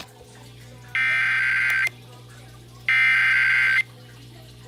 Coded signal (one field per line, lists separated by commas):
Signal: Emergency Alert System (SAME) tones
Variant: header bursts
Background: speech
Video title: Ventura Required Monthly Test EAS #167 169 7 6 21